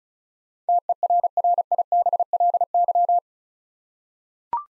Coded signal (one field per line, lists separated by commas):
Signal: Morse code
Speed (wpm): 36 wpm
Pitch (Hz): 700 Hz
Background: none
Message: TERRIBLY